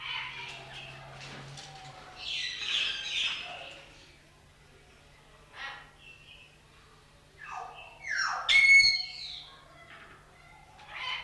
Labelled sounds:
Common Hill Myna call

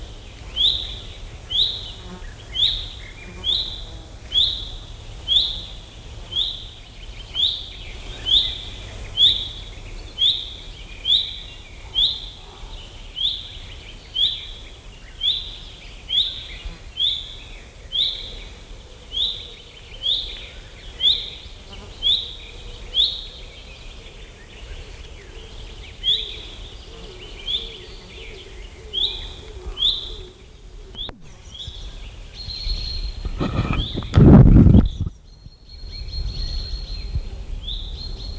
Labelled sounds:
Common Chaffinch call

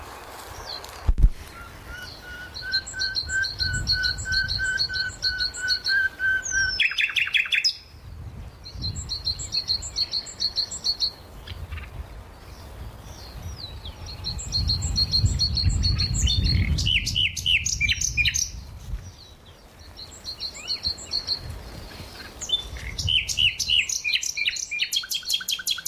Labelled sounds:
Common Nightingale song

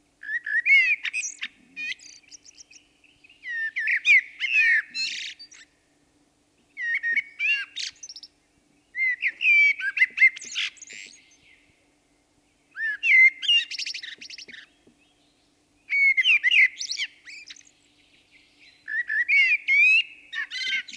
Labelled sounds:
Song Thrush song

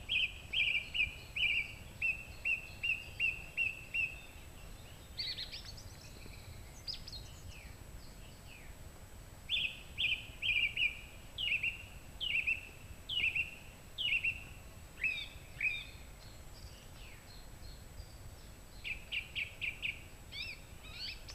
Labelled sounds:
Song Thrush song

